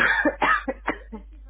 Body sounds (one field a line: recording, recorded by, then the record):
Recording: voluntary cough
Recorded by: telephone call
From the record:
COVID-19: positive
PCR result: self-reported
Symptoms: no